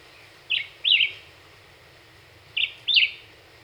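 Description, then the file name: Black-whiskered Vireo giving two clear phrases, each a short note followed by a slurred, warbled note, about two seconds apart. Recorded 26 April 2019; 27 songs delivered within one minute. "2019-04-26 Black-whiskered Vireo 1 Min 27 Songs"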